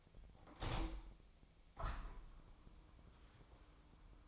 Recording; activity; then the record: daily activity, microphone in the room; open window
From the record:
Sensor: 1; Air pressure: 1004.7 hPa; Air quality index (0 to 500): 102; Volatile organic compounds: 3 ppm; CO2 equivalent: 1396 ppm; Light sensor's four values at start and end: 8/20/8/8 and 8/21/8/9